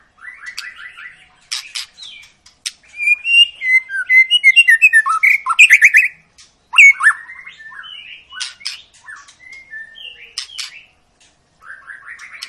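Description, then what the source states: White-rumped shama song: a rapid whistle series, a loud jumble of tumbling and high notes, then scattered clicks and softer warbles. Long lure recording of actively singing white-rumped shama, played to make other birds sing.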